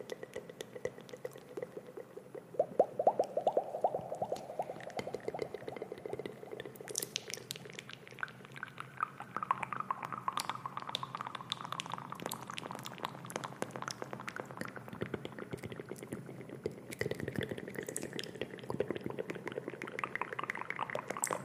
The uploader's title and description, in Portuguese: ASMR com MUITO ECO!. ASMR intenso com sons de boca molhados